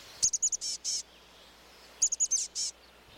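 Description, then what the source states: Chestnut-backed Chickadee calling twice, a rapid run of high, thin chips ending in short buzzy notes, the second call following about a second later. Resplendent brown chickadee of the Pacific Northwest.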